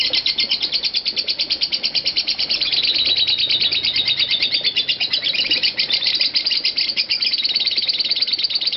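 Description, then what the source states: Lovebird giving a fast, unbroken chatter of high, scratchy chirps, steady throughout with slight rises in intensity around the middle. Lovebird singing in the style called konslet.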